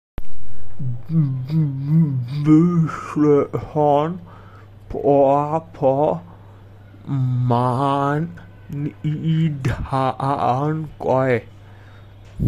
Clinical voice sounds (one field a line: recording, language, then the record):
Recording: elicited speech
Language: Bengali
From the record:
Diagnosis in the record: Broca's or global aphasia after a stroke